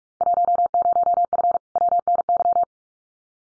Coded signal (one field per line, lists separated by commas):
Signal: Morse code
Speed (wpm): 46 wpm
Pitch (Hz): 700 Hz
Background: none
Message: 10F WNY